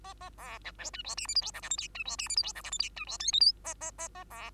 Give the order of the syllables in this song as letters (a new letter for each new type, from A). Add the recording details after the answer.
A A B C D E F G H I J K L M N E F G H I J K L M N E F O P Q A A A A B. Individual Bird2